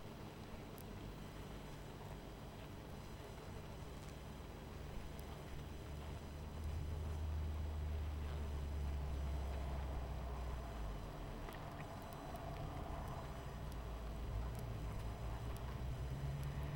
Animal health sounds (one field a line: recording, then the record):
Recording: honeybee colony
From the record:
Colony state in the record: missing queen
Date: 14 July 2017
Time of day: 21:10